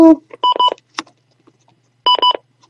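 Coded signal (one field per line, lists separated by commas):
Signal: none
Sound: a device's button beeps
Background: speech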